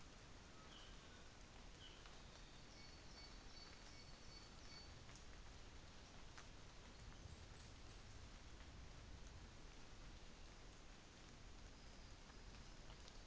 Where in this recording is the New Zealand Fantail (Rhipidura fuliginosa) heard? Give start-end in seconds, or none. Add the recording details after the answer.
6.87-8.34. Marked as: faintness 5/5. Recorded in New Zealand on 24 December 2018. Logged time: 09:00